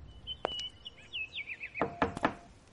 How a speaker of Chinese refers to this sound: 严六元听到敲门声就说肯定是小锦姐姐来了，结果还真是。